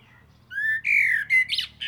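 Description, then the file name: Eurasian blackbird song: a fluted whistled phrase that rises and then falls, ending in a short squeaky high twitter. "Turdus merula"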